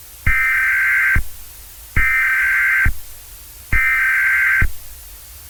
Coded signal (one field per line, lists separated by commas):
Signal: Emergency Alert System (SAME) tones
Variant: header bursts